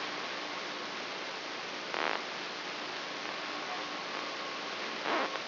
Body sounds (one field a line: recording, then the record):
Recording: brain microelectrode recording played as sound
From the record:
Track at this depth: outside the subthalamic nucleus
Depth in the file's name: 8.704 mm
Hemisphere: left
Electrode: 3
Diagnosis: Parkinson's disease